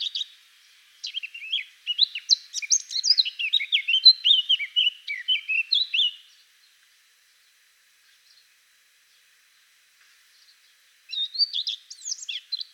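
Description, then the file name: Eurasian blackcap song: a long burst of hurried, chattering warbled notes, then a silent pause before another short warbling phrase begins. "Sylvia atricapilla"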